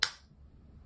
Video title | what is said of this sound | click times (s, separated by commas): Apple AirPods 3 - First Impressions | very satisfying click it's | 0.0 s